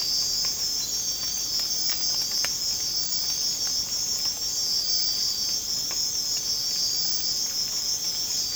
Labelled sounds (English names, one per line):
none